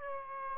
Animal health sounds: mosquito wingbeat signal from an infrared sensor; Aedes albopictus

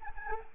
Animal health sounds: mosquito wingbeat signal from an infrared sensor; Anopheles arabiensis

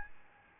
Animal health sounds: mosquito wingbeat signal from an infrared sensor; Aedes albopictus

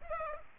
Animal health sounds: mosquito wingbeat signal from an infrared sensor; Culex pipiens

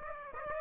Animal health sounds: mosquito wingbeat signal from an infrared sensor; Aedes aegypti

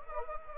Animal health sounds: mosquito wingbeat signal from an infrared sensor; Anopheles arabiensis

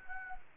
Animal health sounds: mosquito wingbeat signal from an infrared sensor; Anopheles arabiensis

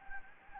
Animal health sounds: mosquito wingbeat signal from an infrared sensor; Anopheles gambiae

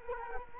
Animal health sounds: mosquito wingbeat signal from an infrared sensor; Culex quinquefasciatus

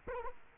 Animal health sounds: mosquito wingbeat signal from an infrared sensor; Culex quinquefasciatus

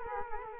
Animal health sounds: mosquito wingbeat signal from an infrared sensor; Culex quinquefasciatus

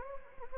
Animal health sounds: mosquito wingbeat signal from an infrared sensor; Anopheles gambiae

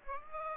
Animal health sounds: mosquito wingbeat signal from an infrared sensor; Aedes aegypti

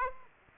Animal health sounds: mosquito wingbeat signal from an infrared sensor; Aedes aegypti

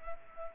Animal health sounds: mosquito wingbeat signal from an infrared sensor; Culex pipiens

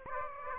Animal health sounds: mosquito wingbeat signal from an infrared sensor; Aedes aegypti

